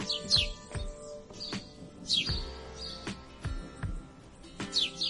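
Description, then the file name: Grey-headed sparrow uttering sparse, sharp downward chirps in small bursts with pauses, while dull thumps and a faint hum continue underneath. "canto do pardal de cabeca cinzenta"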